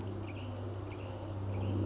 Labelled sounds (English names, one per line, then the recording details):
California Towhee
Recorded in Sonoma County, California